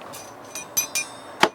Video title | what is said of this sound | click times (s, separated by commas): 2019 Winnebago Travato 59 KL Class B Camper Van • Guaranty.com | this guy here he just pops right in like that for a draining rack for my silverware | 1.4 s